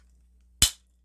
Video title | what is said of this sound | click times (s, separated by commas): 드라이버 튜닝하기 핑 G410 G400 미즈노 ST190 캘러웨이 에픽플래시 테일러메이드 M5 M6 스릭슨Z785 | 딸깍 소리가나요 딸깍 소리가 날 때까지 꼭 하셔야 돼요 | 0.6 s